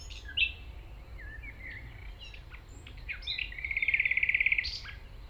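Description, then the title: Common nightingale: a sharp note, scattered soft chirps, then a long, even, rapidly repeated trill building in volume over low steady rumble. Singing in tall grass at Chindrieux, France, approached on foot by the recordist; deaf to outside noise while singing; airliners and an accelerating vehicle in background. "195 Rue de Vars, Chindrieux, France - approche d'un rossignol"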